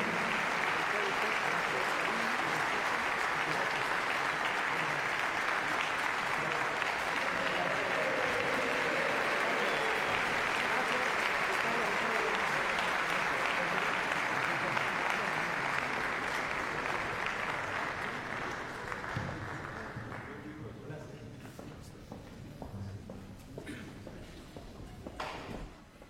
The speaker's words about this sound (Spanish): Por favor, un gran aplauso para ellos y con todo corazón, de todos los rotarios del mundo, vamos a darles este reconocimiento. Por favor.